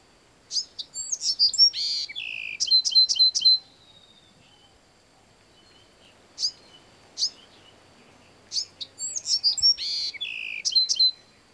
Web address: BEWR birds wrens